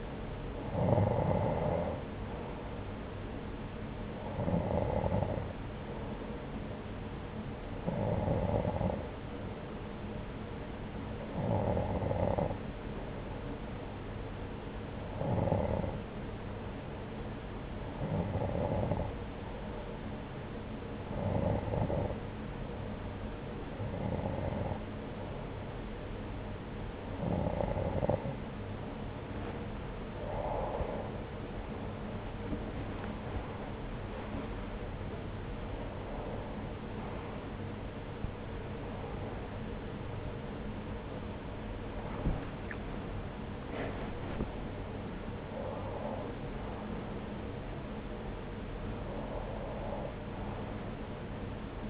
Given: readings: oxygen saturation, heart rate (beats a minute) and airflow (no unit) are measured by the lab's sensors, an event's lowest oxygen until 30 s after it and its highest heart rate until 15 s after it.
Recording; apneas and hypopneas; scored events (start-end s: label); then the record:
breathing in sleep by a voice recorder at the bedside; 1
8.00-31.80 s: hypopnea (N2, oxygen 92% highest, then 91% lowest)
42.00-51.90 s: new sleep stage, N1 (lightest sleep)
From the record:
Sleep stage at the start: N2 (light sleep); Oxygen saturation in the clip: 91 to 93%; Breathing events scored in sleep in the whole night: 303 in 8.1 hours asleep